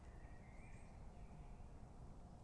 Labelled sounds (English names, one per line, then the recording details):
Eurasian Blue Tit
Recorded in Germany
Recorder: ecoPi